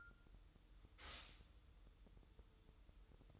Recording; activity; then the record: daily activity, microphone in the room; stop toaster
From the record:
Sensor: 3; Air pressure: 988.5 hPa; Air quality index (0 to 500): 193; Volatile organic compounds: 288 ppm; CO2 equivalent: 4453 ppm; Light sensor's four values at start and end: 23/72/30/26 and 23/72/30/26